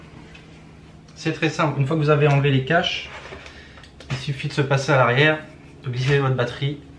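A flight battery is handled at the back of a DJI Inspire 2 camera drone (Zenmuse X7, kit lens) with its covers removed, ready to be slid into its battery bay while someone talks. Quiet handling sounds come between the speech, including a short sharp tap near 4.0 seconds. Nothing has seated or clicked yet.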